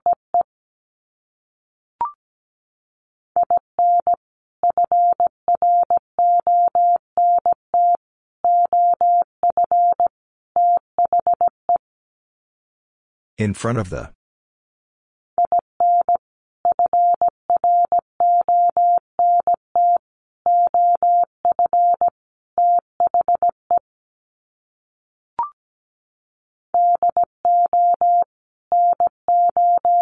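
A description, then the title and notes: Words are sent in Morse code as a single steady mid-pitched tone keyed on and off in quick, uneven dots and dashes. Long runs of code are separated by silent gaps, with faint clicks near 2 and 25 seconds and a short rough burst of noise around 13 seconds. Sets of 4 Words 17wpm. First, the words are sent in Morse code. Then it is spoken. Finally, it is sent again in Morse code.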